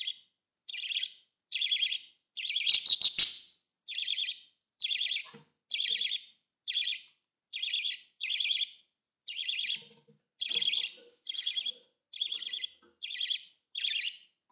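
Budgerigar chirping calls, harsh buzzy bursts repeated roughly every second in short rhythmic phrases, with one louder scratchy burst near the start.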